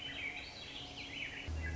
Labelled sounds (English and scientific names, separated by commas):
Swainson's Thrush (Catharus ustulatus)